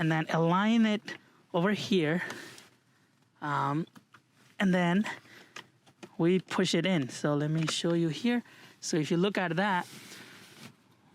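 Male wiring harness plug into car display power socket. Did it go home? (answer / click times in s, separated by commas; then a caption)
yes / 5.6 s. A blue male plug on a car's 12 V wiring harness is aligned and pushed into its plastic socket behind the display while someone talks. A sharp click at 5.6 s marks the plug seating in the socket, followed by two fainter ticks just after.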